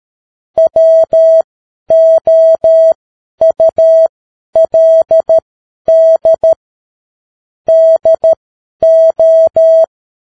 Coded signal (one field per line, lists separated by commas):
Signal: Morse code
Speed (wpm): 13 wpm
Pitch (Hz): 650 Hz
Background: none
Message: WOULD DO